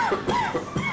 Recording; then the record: coughing mixed with background sound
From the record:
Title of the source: Mid-morning Winter Coughing Fit